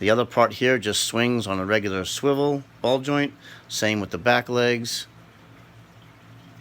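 Someone talks while handling the back leg of a plastic brick-built creature figure, which moves on a ball or ratchet joint. Nothing has seated or clicked yet; the leg has not locked into place. After about 5.0 seconds the talking stops and only faint, steady background noise remains.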